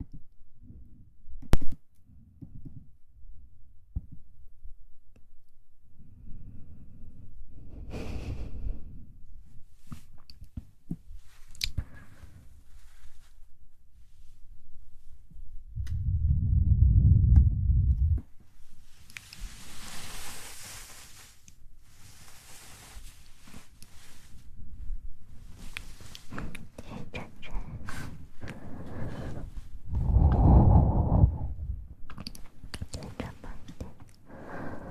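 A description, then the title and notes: Soft mouth sounds with quiet clicks and breathy whooshes, low rumbling swells near seconds 16 and 30, and a hissy breath around 20. ASMR Tingly Mouth Sounds.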